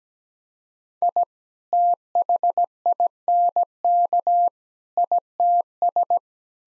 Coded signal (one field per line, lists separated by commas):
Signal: Morse code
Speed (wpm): 17 wpm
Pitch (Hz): 700 Hz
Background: none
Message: I THINK ITS